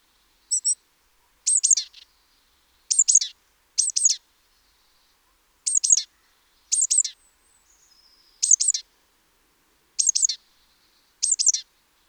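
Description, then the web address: Great tit repeats short high-pitched call bursts of two or three notes with brief gaps, and a faint whistled tone in between. "SETE Parus major"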